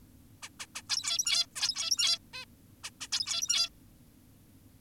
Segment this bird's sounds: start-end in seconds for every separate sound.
0.43-0.49, 0.60-0.66, 0.76-0.82, 0.90-1.46, 1.56-2.19, 2.34-2.45, 2.84-2.90, 3.01-3.08, 3.12-3.69